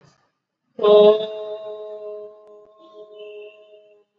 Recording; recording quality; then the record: sustained vowel as in boot; excellent, no background noise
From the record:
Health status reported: exposed to COVID-19, no respiratory illness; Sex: male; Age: 55 years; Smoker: no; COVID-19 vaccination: both doses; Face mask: worn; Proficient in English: yes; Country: India